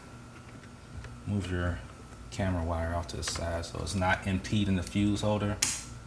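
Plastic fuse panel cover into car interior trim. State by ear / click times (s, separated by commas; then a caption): not seated / none. A plastic fuse panel cover is handled against the interior trim of a 2018 Mercedes C63 while the Thinkware dash camera wire is moved off to the side so it doesn't impede the fuse holder. Someone talks throughout, with faint handling noise and a small tap near 1.0 s. Nothing has seated or clicked yet.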